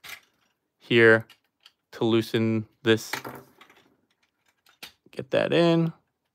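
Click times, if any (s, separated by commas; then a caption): none. Someone talks while handling the plastic lower-body section of a Mastermind Creations Nimbus (Doubledealer) transforming robot toy, working it toward its lock. Faint plastic handling taps come between about 3.6 and 4.8 seconds. The part has not seated or clicked into place yet.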